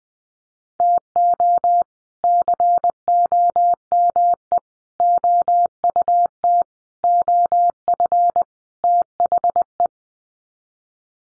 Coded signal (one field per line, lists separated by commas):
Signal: Morse code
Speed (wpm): 20 wpm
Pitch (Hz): 700 Hz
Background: none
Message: TO COME OUT OF THE